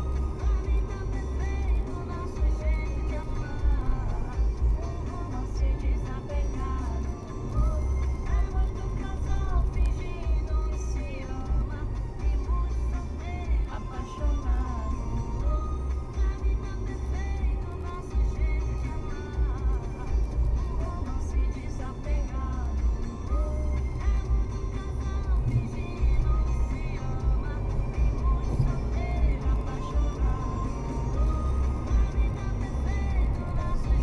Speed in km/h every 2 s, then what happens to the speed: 109, 106, 103, 101, 100, 98, 97, 100, 101, 104, 107, 105, 111, 122, 131, 136, 135.
0-15 slows to 100. 15-29 speeds up to 136.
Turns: none.